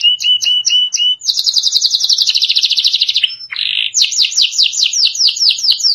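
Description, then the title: Canary singing: a few short repeated chips lead into a fast rolling trill, a lower warble, then a series of downward-slurred whistles. "Kenari"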